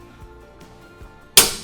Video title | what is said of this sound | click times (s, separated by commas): BS250B 250mm 10" Bandsaw by Woodfast Machinery | push down until you hear that click now you know it's up in the air and then you can easily move the bandsaw | 1.4 s